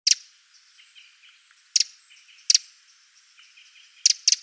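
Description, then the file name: Eurasian wren calls: loud, abrupt clicking ticks at uneven intervals, some doubled, against a quiet backdrop of faint high twittering. "Troglodytes troglodytes"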